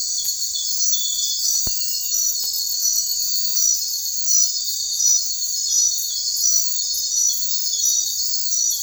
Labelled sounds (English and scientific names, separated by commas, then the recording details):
none
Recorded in secondary vegetation near Puerto Asís, Putumayo, Colombia, on 9 March 2025 at 03:00
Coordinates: 0.499, -76.323
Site G094